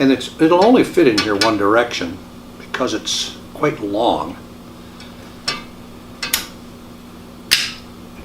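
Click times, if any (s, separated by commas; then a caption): 6.3 s, 7.5 s. A long drawer-slide component for a pantry cabinet pull-out, which fits only one way, is pressed into its mounting on the slide hardware while someone talks. Speech and music fill the first four seconds. Sharp hits follow, and the part clicks into place at 6.3 and 7.5 seconds, seated.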